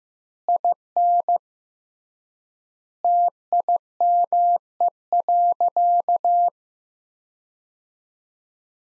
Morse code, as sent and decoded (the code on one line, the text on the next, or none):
.. -. / - .. -- . .-.-.-
IN TIME.